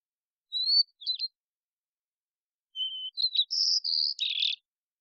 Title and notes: White-crowned Sparrow, Zonotrichia leucophrys, Songs and Calls, probably an immature bird learning the song or experimenting with variation